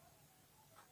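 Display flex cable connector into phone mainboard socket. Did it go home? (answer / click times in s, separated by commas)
no / none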